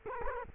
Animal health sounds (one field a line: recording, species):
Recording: mosquito wingbeat signal from an infrared sensor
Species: Culex quinquefasciatus